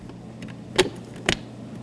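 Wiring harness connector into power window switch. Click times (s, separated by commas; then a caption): 1.3 s. A wiring harness connector is pushed into a new power window switch for a 2012-2017 Toyota Camry. After a few faint ticks and a duller knock near 0.8 s, it seats with one sharp plastic click at 1.3 s. The connector is clicked in.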